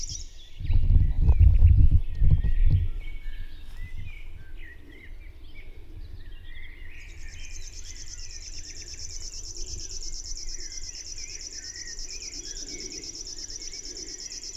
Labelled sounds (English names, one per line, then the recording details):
River Warbler song
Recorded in the wild
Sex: male
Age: adult
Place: Schönow, Naturpark Barnim, Brandenburg, DE
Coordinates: 52.68, 13.5086
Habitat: wetland
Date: 2007-06-03 20:47
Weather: overcast, ca. 15°C, no wind
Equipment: Sound Devices 702, Sennheiser MKH 416 T, Windkorb
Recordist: Frommolt, Karl-Heinz